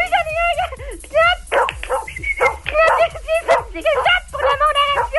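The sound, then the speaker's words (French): A dog barks repeatedly in quick, uneven bursts, mixing sharp yips with high, wavering whines and whimpers between the louder barks, for about five seconds. “Maintenant, t'as-tu un chien”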